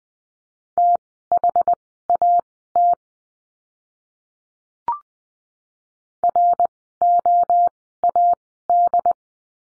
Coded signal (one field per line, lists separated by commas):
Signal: Morse code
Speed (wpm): 20 wpm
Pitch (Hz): 700 Hz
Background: none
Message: THAT ROAD